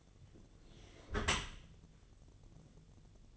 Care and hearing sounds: daily activity, microphone in the room; close dishwasher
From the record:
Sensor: 4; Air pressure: 1007.5 hPa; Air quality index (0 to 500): 200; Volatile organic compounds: 7 ppm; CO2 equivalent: 1998 ppm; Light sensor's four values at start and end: 22/70/27/26 and 22/71/27/26

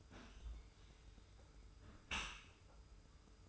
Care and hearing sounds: daily activity, microphone in the room; close dishwasher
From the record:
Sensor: 2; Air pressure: 991.2 hPa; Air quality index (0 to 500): 142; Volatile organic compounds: 283 ppm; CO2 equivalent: 4442 ppm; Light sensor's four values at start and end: 40/115/45/43 and 40/115/45/43

